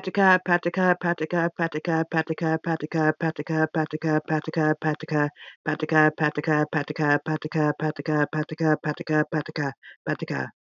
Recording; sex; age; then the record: repeated syllables /pa ta ka/; female; 40 to 49 years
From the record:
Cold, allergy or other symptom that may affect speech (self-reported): no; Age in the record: 44 years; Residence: Washington, United States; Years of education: 12